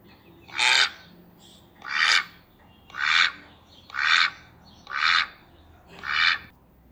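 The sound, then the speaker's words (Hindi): Ducks quack back and forth in six loud, raspy calls, spaced about a second apart in a steady rhythm, with no talking. “बतखों ने आपस में बात की।”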